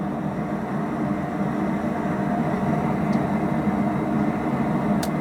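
The trigger latch of a dog-proof raccoon trap is pulled down by hand after its adjustment is loosened, over a steady low background hum with faint brief high-pitched ticks near 3.1 and 5.1 seconds. Nothing has latched or clicked yet.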